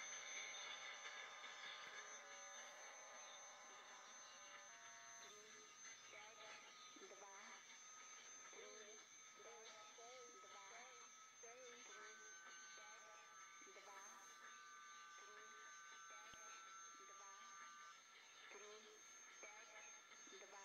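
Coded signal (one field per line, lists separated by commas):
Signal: numbers station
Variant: HM01, Spanish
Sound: faint female voice reading evenly spaced words through heavy static, with steady whistles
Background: radio static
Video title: Numbers Station HM01 S06s 11635khz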